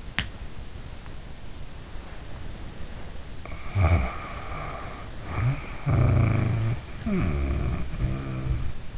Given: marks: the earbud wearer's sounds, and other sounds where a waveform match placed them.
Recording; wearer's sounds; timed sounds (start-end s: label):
sounds in sleep by an in-ear microphone; snoring breath
0.03-8.98 s: sound from someone else or the room
3.68-8.98 s: snoring breath